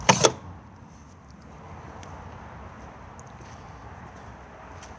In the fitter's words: and the spear will then pop back out again